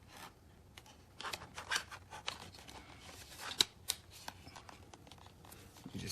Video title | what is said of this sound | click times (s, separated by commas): Detailed Look at @ Meta Quest 3 Elite Strap with Battery Gray install Setup Put Mount Short Version | snap it into place snapped | 3.6 s